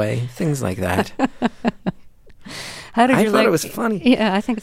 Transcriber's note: laughter